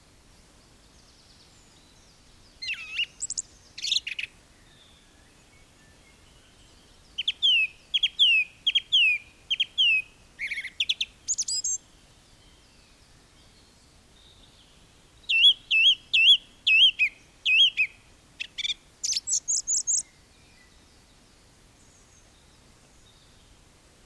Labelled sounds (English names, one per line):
Song Thrush song